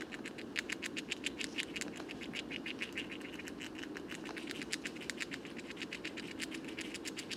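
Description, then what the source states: Eurasian red squirrel chewing: a quick, steady series of dry clicks over a low rumbling background. Wild squirrel in a Paris woodland, France, 23 November 2018, foggy, 5 °C, feeding heavily on abundant conifer seeds before winter rest; leaves mostly fallen.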